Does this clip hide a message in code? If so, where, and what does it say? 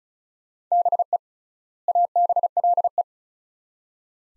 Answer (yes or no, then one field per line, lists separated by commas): yes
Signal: Morse code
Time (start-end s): 0.7-3.0 s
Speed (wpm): 36 wpm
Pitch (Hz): 700 Hz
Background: none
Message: BE ABLE